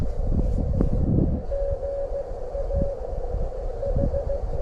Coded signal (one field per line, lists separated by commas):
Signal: Morse code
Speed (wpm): 15 wpm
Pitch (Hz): 560 Hz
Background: none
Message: GA H